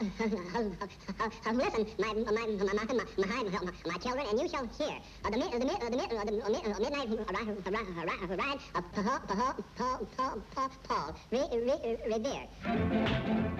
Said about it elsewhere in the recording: He's like a school kid, fat, self-conscious, with a stutter. And here he is in school. A recitation by our little friend, Porky Pig. It sounds like a real stutter. Yeah, absolutely. In fact, it was.